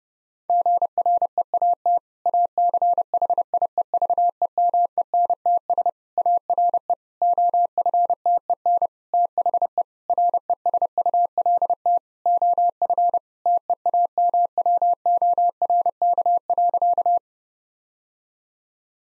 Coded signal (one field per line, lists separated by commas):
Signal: Morse code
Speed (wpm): 32 wpm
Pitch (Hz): 700 Hz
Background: none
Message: GREAT ACHIEVEMENTS ARE OFTEN THE RESULT OF TEAMWORK.